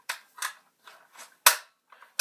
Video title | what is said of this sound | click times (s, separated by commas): How to take apart and reassemble an m4 | so you heard the click | 1.5 s